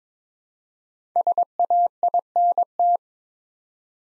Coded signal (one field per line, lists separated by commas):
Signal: Morse code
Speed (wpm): 22 wpm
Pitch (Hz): 700 Hz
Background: none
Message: SAINT